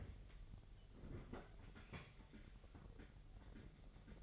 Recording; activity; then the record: daily activity, microphone in the room; open fridge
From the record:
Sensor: 4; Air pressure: 989.2 hPa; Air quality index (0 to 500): 224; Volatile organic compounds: 83 ppm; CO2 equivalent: 3634 ppm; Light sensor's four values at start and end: 26/91/33/35 and 25/89/33/35